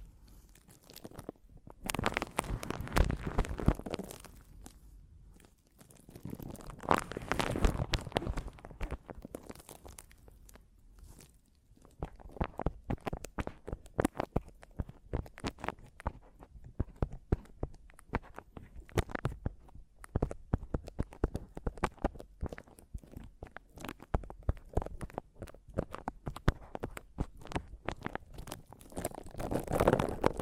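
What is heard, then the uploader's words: Scratching and tapping on a microphone, starting with two long rough scraping passes around two and seven seconds, each swelling and fading. From about twelve seconds on, dense rapid clicks and taps crackle almost continuously, with a brief scratchy swell near the end. ASMR Mic Tapping and Scratching (No Talking).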